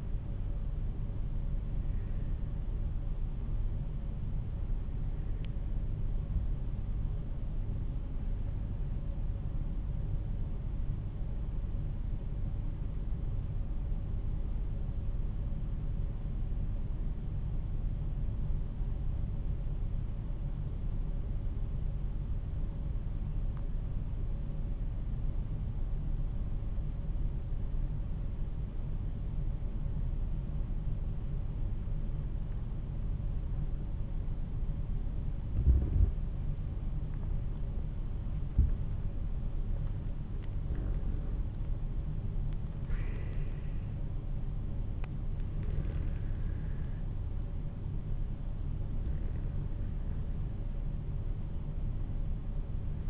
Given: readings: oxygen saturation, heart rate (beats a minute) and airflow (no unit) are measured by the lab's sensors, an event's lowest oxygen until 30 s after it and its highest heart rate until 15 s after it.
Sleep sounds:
breathing in sleep by a smartphone at the bedside; 1
1.00-53.10 s: new sleep stage, N1 (lightest sleep)
10.00-36.30 s: hypopnea (N1, oxygen 96% highest, then 87% lowest, heart rate 50 at the start, 55 highest)
From the record:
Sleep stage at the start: N2 (light sleep); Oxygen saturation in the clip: 86 to 96%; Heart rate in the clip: 46 to 59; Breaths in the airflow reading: 9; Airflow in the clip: -10.0 to 13.1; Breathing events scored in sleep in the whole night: 388 in 6.5 hours asleep

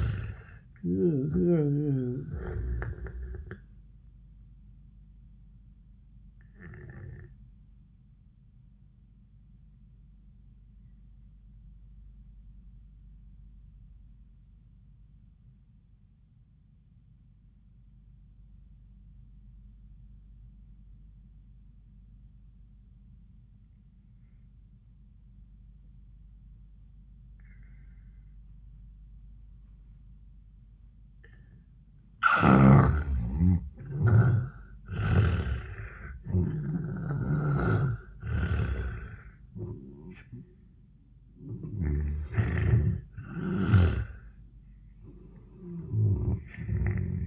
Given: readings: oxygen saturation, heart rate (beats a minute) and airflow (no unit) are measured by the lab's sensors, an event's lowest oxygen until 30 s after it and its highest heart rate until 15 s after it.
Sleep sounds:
breathing in sleep by a smartphone at the bedside; 1
9.00-33.00 s: obstructive apnea (N2, oxygen 95% highest, then 77% lowest, heart rate 82 at the start, 100 highest)
35.00-47.27 s: new sleep stage, N1 (lightest sleep)
From the record:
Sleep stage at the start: N2 (light sleep); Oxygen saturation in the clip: 73 to 95%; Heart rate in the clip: 76 to 101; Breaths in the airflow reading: 5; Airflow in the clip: -24.4 to 24.1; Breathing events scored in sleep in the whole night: 400 in 8.7 hours asleep

